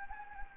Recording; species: mosquito wingbeat signal from an infrared sensor; Anopheles gambiae